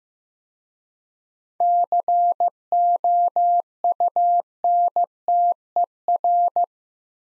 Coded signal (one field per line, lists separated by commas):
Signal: Morse code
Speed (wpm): 15 wpm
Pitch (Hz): 700 Hz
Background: none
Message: COUNTER